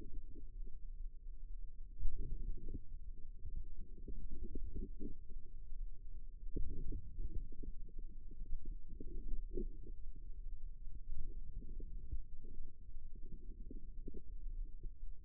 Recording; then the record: forearm muscle sounds (acoustic myography)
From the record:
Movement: outward rotation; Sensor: system 2, bracelet of six BSWA MPA416 microphones around the upper forearm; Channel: 3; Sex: female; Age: 22 years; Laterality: right